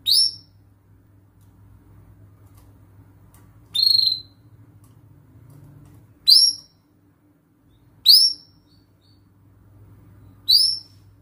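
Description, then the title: Canary calls: short bright upward-flicked chirps spaced a few seconds apart, with quiet gaps between them and a faint low hum beneath. Gacor (lively singing) canary with best cengkok (melodic turns) and rich isian (filler phrases), for kicaumania song training. "Kenari Gacor Cengkok Terbaik Isian Paling Mewah Kenarigacor Kicaumania Kenari"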